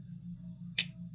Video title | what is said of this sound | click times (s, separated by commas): Seriously, It's Huge - Midgards Messer Berzerker Folding Knife - Overview and Review | No pivot lash, and a nice click into the closed position, and we have perfect centering with no detent lash. | 0.8 s